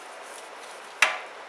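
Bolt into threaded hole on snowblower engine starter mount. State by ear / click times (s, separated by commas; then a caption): seated / 1.0 s. A bolt is turned backwards (counter-clockwise) in its threaded hole on a snowblower engine's starter mount, with a low steady background until a single sharp click at 1.0 s. The click is the thread start dropping into alignment, showing the bolt is seated correctly and ready to be threaded in.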